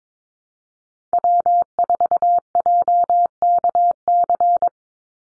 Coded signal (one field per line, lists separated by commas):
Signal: Morse code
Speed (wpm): 22 wpm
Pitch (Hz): 700 Hz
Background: none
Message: W4JKC